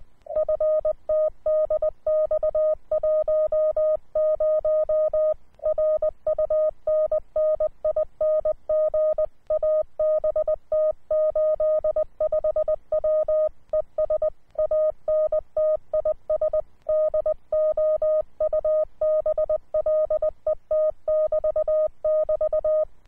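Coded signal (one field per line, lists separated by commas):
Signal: Morse code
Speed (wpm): 18 wpm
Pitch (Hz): 620 Hz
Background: none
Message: FTDX10 RUNNING ABT 85 W ES ANT IS DOUBLET <BT> <BT>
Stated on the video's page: QRP CW from a uSDX rig.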